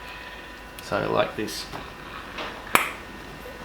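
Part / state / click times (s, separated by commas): ignition coil connector onto spark plug in motorcycle engine / seated / 2.8 s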